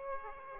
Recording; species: mosquito wingbeat signal from an infrared sensor; Aedes aegypti